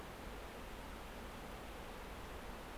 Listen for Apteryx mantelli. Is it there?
no